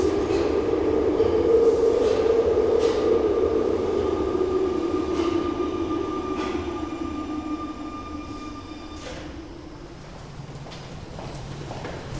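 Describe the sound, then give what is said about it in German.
A train rolls into a station on track 6, its heavy low rumble gradually easing as wheels clack rhythmically over rail joints, with a thin steady whine ringing above and no voices. “In diesem Moment fuhr auf dem gegenüberliegenden Gleis 6 ein Zug ein, dessen Fahrtwind wahrscheinlich das Sarin überall verteilte.”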